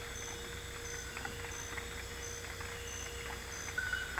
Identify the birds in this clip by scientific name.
none